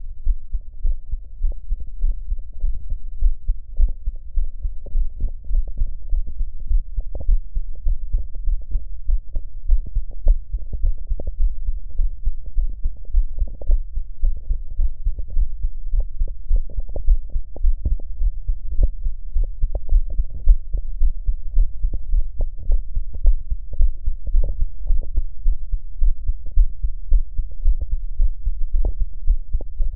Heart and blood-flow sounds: heart sounds by stethoscope; tricuspid valve (TV); normal heart sounds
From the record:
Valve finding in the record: tricuspid regurgitation, grade 2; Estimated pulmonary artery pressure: 40 mmHg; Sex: female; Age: 53 years

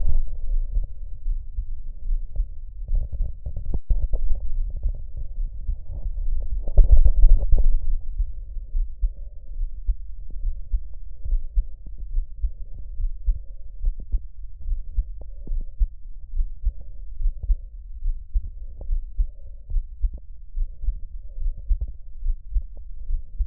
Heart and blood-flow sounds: heart sounds by stethoscope; pulmonary valve (PV); normal heart sounds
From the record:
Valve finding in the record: normal valve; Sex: male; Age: 57 years

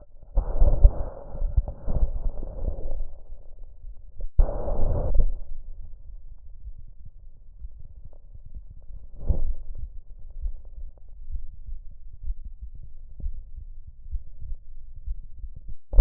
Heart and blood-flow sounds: heart sounds by stethoscope; tricuspid valve (TV); normal heart sounds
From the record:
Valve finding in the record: tricuspid regurgitation, grade 0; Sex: female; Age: 43 years

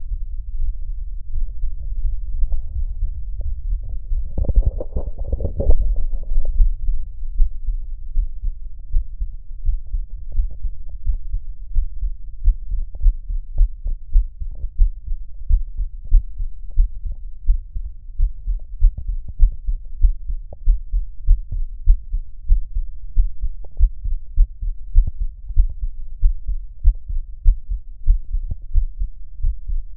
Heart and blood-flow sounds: heart sounds by stethoscope; tricuspid valve (TV); normal heart sounds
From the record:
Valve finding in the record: normal valve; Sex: female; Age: 20 years

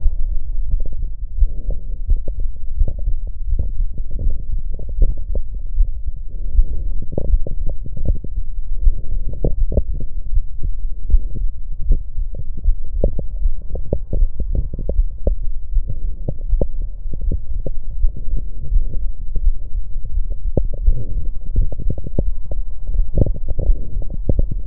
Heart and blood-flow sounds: heart sounds by stethoscope; pulmonary valve (PV); normal heart sounds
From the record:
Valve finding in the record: normal valve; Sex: female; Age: 40 years

